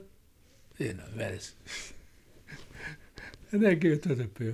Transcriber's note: he laughs